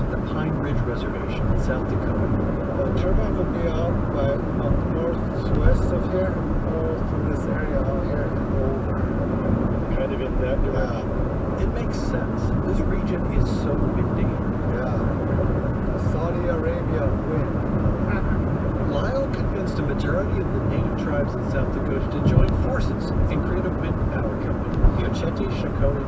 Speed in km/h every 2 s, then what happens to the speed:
82, 82, 81, 79, 76, 76, 77, 77, 82, 82, 81, 81, 81.
0-8 slows to 76. 8-26 steady at about 81.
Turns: none.